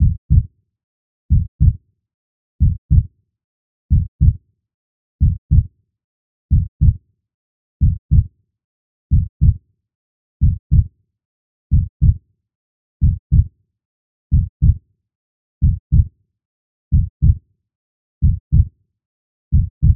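Steady paired low thumps in a lub-dub pattern repeat evenly at about 46 beats a minute, with silence between beats: a slow, regular heartbeat.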